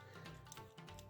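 A transforming toy figure is handled as it is folded up, with its plastic tab being guided toward its slot over steady background music and a few brief handling ticks. Nothing has seated or clicked into the slot yet.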